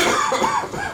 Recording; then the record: coughing mixed with background sound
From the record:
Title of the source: Spring Cold Coughing 2